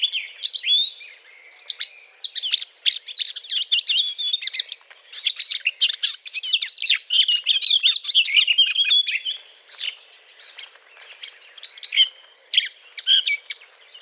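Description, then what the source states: Eurasian blackcap giving a long, busy warbling song of chattering, high twittering notes, with brief pauses between bursts. Courtship song.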